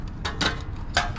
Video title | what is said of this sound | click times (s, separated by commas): പോകുകയാണ് 😒 / Solo Desert Camping Qatar 🇶🇦 / Al Khararaij Beach / Life | അതുകൊണ്ട് ഇങ്ങനെയാണ് ഇടല് ഓക്കേ ലോക്ക് ആയി എന്തായാലും | 1.0 s